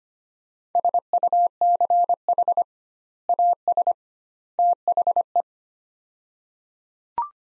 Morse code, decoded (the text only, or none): SUCH AS THE